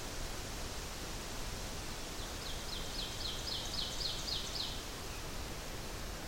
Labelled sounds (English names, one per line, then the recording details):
Ovenbird song
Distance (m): 100 m
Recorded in boreal forest in Alberta, Canada, on 12 June 2016 at 06:05
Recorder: SongMeter 3, array SBT-3-18
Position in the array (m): 67 m, 300 m
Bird 32